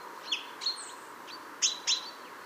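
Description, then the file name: Common chaffinch calls: short, sharp high chirps in small pairs, with a faint thin whistle between them over a steady low background hiss. "Fringilla coelebs"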